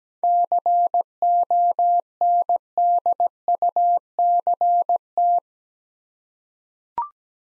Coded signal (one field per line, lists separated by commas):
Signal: Morse code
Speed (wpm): 17 wpm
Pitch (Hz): 700 Hz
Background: none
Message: CONDUCT